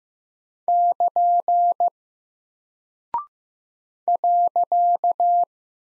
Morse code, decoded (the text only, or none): <KN> .